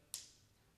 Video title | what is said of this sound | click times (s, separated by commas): S4Gear Evo User Tips. | don't be afraid to push it down so you hear it click. | 0.1 s